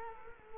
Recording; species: mosquito wingbeat signal from an infrared sensor; Culex quinquefasciatus